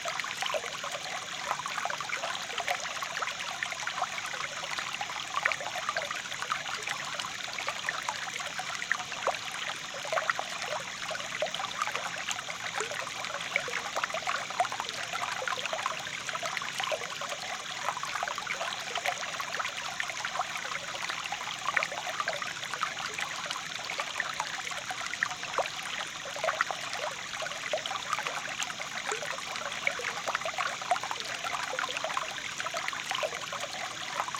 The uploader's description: a quick moving stream at night along with the sound of wind chimes blowing in the wind